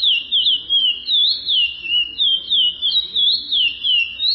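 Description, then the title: Chestnut-bellied seed finch song: a steady stream of clear, sweet whistled notes that slide up and down in rapid warbling phrases, around three notes each second, with almost no background. "Canto De Curio"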